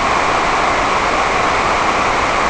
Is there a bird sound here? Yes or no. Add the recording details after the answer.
no. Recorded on Arctic tundra, site NAIT-1, on 28 June 2018. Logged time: 11:00